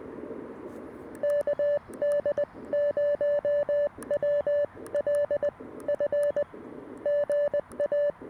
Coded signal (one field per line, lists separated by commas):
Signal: Morse code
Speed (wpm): 20 wpm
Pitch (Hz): 580 Hz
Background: none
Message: KD0WLF GA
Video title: My CW Secret Combo? CFT-1 & POTA PERformer 17' Whip